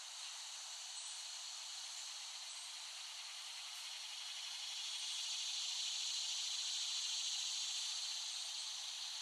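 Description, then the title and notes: Cicadas drone in a dense, high, hissing buzz with a fast steady pulse, swelling slightly louder midway and holding on. Cicadas recorded by Dan Bodah in West Brighton, Staten Island, in late summer 2008. "Dronecast No. 021: The Cicadas of Summer. Recording of cicadas made by Dan Bodah in West Brighton, Staten Island, late summer 2008"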